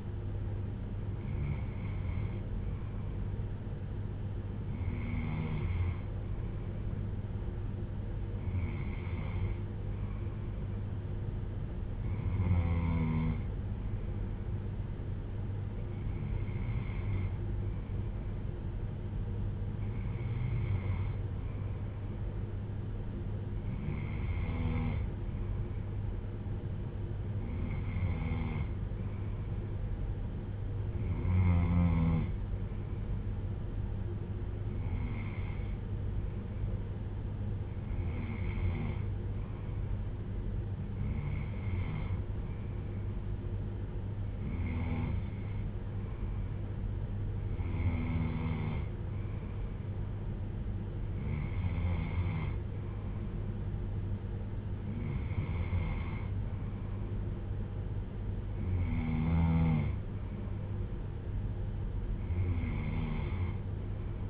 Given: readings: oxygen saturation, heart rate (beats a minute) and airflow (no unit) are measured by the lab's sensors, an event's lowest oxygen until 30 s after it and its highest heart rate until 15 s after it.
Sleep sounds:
breathing in sleep by a smartphone at the bedside; none
none scored
From the record:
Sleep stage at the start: N2 (light sleep); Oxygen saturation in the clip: 93 to 94%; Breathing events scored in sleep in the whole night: 310 in 8.1 hours asleep

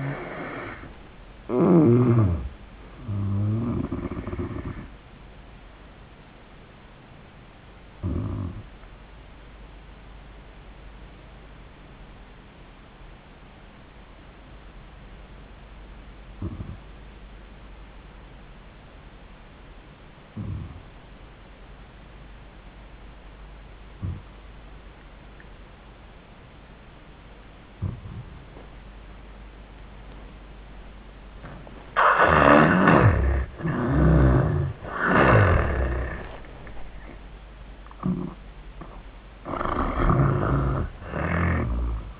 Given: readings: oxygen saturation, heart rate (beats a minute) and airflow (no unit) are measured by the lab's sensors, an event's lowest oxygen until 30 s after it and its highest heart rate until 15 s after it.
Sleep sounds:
breathing in sleep by a voice recorder at the bedside; 1
7.00-33.60 s: hypopnea (N1, oxygen 96% highest, then 79% lowest)
10.00-40.00 s: new sleep stage, N2 (light sleep)
40.00-42.20 s: new sleep stage, N1 (lightest sleep)
From the record:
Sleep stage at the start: N1 (lightest sleep); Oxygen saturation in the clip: 77 to 96%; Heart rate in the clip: 78 to 93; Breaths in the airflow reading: 5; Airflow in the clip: -16.4 to 18.7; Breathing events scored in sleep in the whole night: 400 in 8.7 hours asleep

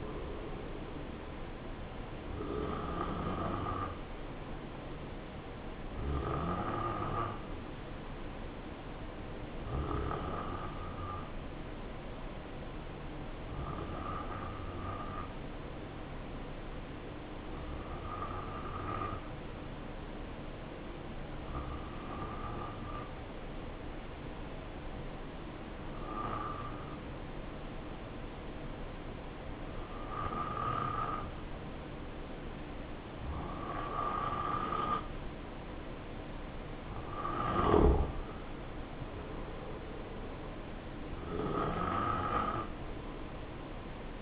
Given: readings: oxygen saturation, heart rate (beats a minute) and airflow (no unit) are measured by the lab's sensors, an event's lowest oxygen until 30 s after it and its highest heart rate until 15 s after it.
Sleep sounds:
breathing in sleep by a voice recorder at the bedside; 1
9.00-36.90 s: hypopnea (N2, oxygen 92% highest, then 88% lowest, heart rate 62 at the start, 71 highest)
From the record:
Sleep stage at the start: N2 (light sleep); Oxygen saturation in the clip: 86 to 92%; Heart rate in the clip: 62 to 71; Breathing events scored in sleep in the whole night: 277 in 7.4 hours asleep

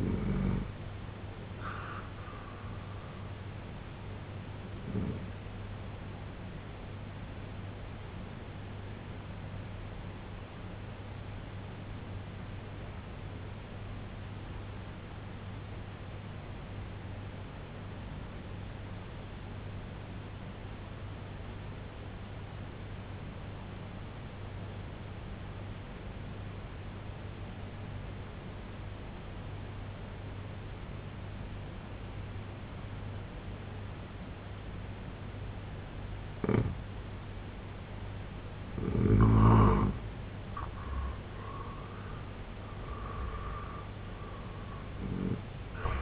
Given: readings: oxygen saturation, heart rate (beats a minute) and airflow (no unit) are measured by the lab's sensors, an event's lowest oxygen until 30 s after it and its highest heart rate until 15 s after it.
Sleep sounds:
breathing in sleep by a voice recorder at the bedside; 1
8.00-37.50 s: hypopnea (N1, oxygen 95% highest, then 84% lowest, heart rate 70 at the start, 88 highest)
26.00-46.02 s: new sleep stage, N2 (light sleep)
From the record:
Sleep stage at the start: N1 (lightest sleep); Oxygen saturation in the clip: 85 to 95%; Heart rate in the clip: 63 to 94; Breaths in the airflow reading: 6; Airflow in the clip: -8.7 to 9.6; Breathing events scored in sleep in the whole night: 258 in 7.4 hours asleep

